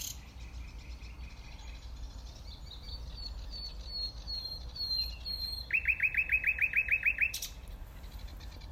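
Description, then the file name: Common nightingale song: clear high whistles and quick buzzy notes, then a loud rapid trill of many repeated notes, over steady low background rumble. "Luscinia megarhynchos"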